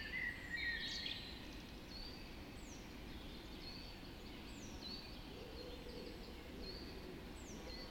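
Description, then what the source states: Birds: bird chorus at dawn, a high downslurred whistle repeated several times among other twitters, plus a brief lower call, over soft hiss. Dawn chorus recorded just after dawn in the Forest of Dean.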